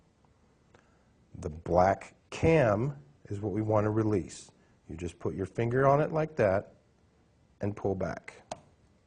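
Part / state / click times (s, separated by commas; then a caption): keyboard ribbon cable connector latch on a laptop system board / released / 8.5 s. A finger pushes back the black cam lock on a laptop's keyboard ribbon-cable connector, the small clip holding the ribbon cable to the system board, while a man talks. A sharp plastic snap at 8.5 s marks the latch springing open, which frees the ribbon cable and the keyboard.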